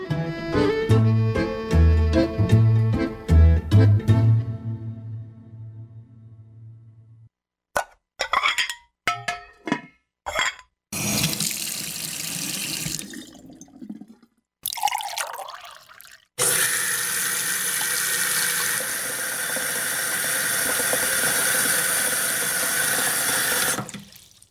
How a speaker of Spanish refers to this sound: Bueno, pues lo que está haciendo Sauri, efectivamente, pues está jugando con el agua.